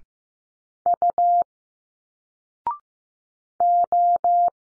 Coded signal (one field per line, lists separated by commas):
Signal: Morse code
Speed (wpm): 15 wpm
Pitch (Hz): 700 Hz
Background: none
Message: U O